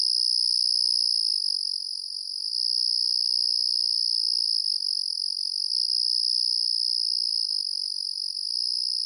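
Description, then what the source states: Crickets give a sustained high trill, rapidly pulsed and unchanging in pitch, dipping slightly in loudness early on before steadying. Crickets calling on a night in the countryside.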